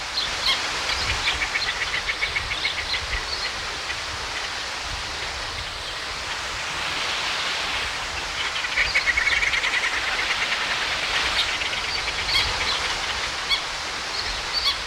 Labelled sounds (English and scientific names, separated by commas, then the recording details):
Pied Avocet (Recurvirostra avosetta) call
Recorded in captivity
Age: adult
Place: Zoo Berlin, Berlin, DE
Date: 1994-02-05 12:06
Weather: heiter bis wolkig, 0 °C, Wind
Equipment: Marantz CP 430, Sennheiser MKH 416 T, Kopie Uher Variocord 263
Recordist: Tembrock, Günter